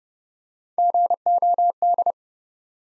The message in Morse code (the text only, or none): GOD